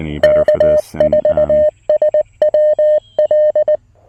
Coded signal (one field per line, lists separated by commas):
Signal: Morse code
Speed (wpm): 19 wpm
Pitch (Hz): 590 Hz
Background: music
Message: K4SWL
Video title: A Quick QRP POTA Activation with the Mountain Topper MTR-4B V2!